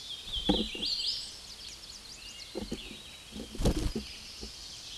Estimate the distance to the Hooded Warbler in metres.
about 50 m